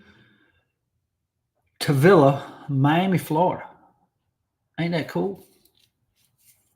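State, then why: Partly seated. Someone talks, then a folding knife blade is closed into its handle, giving faint little clicks at 5.7, 5.8 and 5.8 seconds. The blade does not snap fully home and only partly closes.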